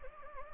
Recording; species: mosquito wingbeat signal from an infrared sensor; Anopheles gambiae